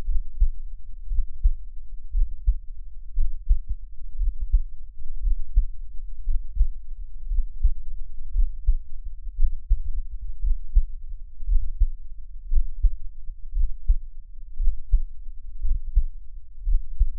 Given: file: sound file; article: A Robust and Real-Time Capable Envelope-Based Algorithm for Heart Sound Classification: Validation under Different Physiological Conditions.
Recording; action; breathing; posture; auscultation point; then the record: heart sounds by electronic stethoscope; rest; normal; sitting; Erb’s point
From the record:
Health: healthy, no known heart disease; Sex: male